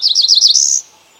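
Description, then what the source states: Cerulean Warbler song: four quick buzzy slurred notes followed by a rising high trill, under a second long, with a quiet background. Breeding forest habitat on former Appalachian mine lands is being restored; winters in Colombia's coffee country; shade-grown coffee helps it; one of the fastest declining songbirds in America.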